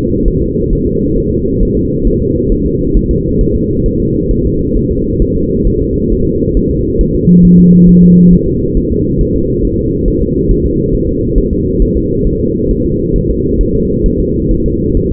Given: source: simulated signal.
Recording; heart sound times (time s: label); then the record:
fetal heart sounds
0.28 s: S1
0.43 s: S2
0.73 s: S1
0.87 s: S2
1.18 s: S1
1.32 s: S2
1.62 s: S1
1.77 s: S2
2.07 s: S1
2.22 s: S2
2.52 s: S1
2.66 s: S2
2.97 s: S1
3.11 s: S2
3.41 s: S1
3.56 s: S2
3.86 s: S1
4.00 s: S2
4.31 s: S1
4.45 s: S2
4.77 s: S1
4.91 s: S2
5.22 s: S1
5.37 s: S2
5.67 s: S1
5.82 s: S2
6.12 s: S1
6.27 s: S2
6.57 s: S1
6.71 s: S2
7.01 s: S1
7.15 s: S2
7.45 s: S1
7.59 s: S2
7.89 s: S1
8.03 s: S2
8.33 s: S1
8.48 s: S2
8.77 s: S1
8.92 s: S2
9.21 s: S1
9.36 s: S2
9.65 s: S1
9.79 s: S2
10.08 s: S1
10.22 s: S2
10.51 s: S1
10.66 s: S2
10.95 s: S1
11.09 s: S2
11.38 s: S1
11.53 s: S2
11.82 s: S1
11.97 s: S2
12.27 s: S1
12.41 s: S2
12.71 s: S1
12.86 s: S2
13.16 s: S1
13.30 s: S2
13.61 s: S1
13.75 s: S2
14.06 s: S1
14.20 s: S2
14.51 s: S1
14.66 s: S2
14.97 s: S1
15.12 s: S2
From the record:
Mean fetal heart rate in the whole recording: 135 bpm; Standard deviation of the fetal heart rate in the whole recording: 3 bpm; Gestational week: 36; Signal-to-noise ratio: -14.7 dB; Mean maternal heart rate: 72 bpm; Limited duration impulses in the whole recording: present